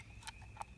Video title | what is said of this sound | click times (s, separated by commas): Doberman Holter Monitor home application A service of the House of Hoytt | clicks in place and you saw I had to push it several times but you can tell when it clicks in place | 0.6 s